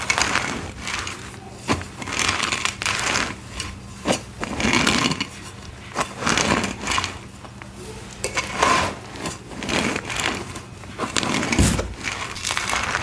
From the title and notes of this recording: Purple Pasted Blocks (chunky pasted dyed gym chalk crush). Crushing crunchy gym chalk blocks covered in thick and chunky paste.